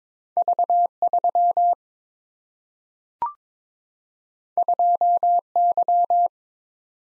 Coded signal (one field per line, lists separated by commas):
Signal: Morse code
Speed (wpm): 22 wpm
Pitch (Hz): 700 Hz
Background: none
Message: V3 2Y